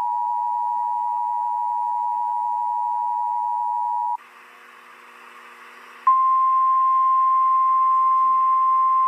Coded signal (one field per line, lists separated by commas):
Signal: Emergency Alert System (SAME) tones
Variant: 853 and 960 Hz attention tone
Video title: EAS 333 CLEVELAND SPECIAL MARINE WARNING